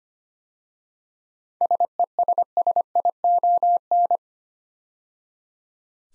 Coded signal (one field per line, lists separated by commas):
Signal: Morse code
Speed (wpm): 25 wpm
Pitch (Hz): 700 Hz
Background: none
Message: SESSION